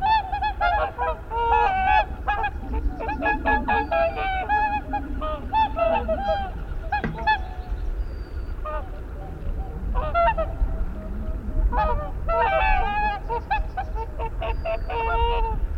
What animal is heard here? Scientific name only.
Cygnus cygnus